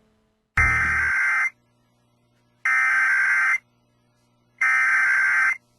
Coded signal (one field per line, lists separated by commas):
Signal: Emergency Alert System (SAME) tones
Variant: header bursts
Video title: Emergency alert COMPILATION part 2